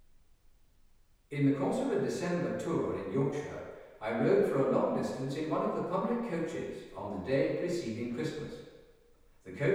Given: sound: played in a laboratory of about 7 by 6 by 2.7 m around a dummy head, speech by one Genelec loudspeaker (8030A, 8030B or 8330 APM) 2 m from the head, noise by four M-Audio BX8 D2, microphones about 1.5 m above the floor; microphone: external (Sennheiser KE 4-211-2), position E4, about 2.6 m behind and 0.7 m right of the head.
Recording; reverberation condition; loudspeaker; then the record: male speech in English; high; 30 degrees to the left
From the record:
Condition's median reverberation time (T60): about 1300 ms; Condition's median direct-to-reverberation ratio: about -4.0 dB